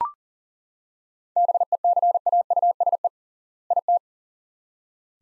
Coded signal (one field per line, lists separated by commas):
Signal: Morse code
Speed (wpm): 40 wpm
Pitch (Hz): 700 Hz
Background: none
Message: BECAUSE IT